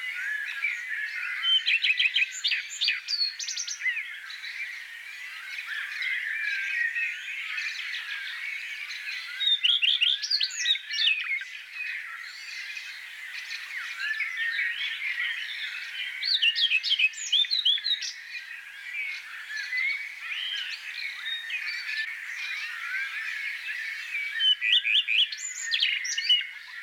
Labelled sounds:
Common Redstart (Phoenicurus phoenicurus) song
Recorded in the wild
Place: Oberrotweil am Kaiserstuhl / Bickensohl, Baden-Württemberg, DE
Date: 1984-06-11
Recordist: Schwarz, Dieter
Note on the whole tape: Song

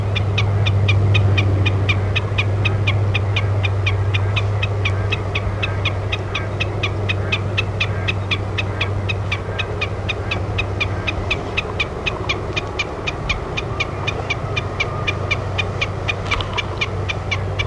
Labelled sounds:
Common Snipe (Gallinago gallinago) bleating
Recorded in the wild
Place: Schweinsberg, DE
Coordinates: 50.7678, 8.98222
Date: 1964-04-22
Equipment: Uher Report 4000, AKG D190
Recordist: Krey, Winfried

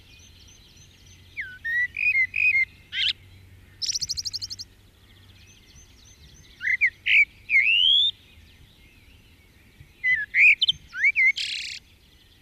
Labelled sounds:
Common Blackbird (Turdus merula)
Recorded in the wild
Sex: male
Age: adult
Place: Garmisch-Partenkirchen, Bayern, DE
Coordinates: 47.4925, 11.0739
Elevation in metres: 708
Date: 1969-04-12
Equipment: Uher 4000 Report
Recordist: Tretzel, Erwin

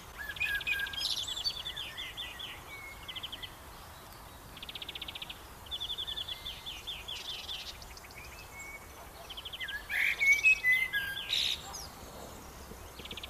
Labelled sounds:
Common Blackbird (Turdus merula) song
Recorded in the wild
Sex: male
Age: adult
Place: Botanische Anlage Blankenfelde, Berlin, DE
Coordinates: 52.603, 13.4
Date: 1996-07-07 19:12
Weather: fair, 18°C
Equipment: Sony MD-WM MZ-R3, Sennheiser MKH 416 T, Kopie Uher 4000 Report Monitor
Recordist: Tembrock, Günter

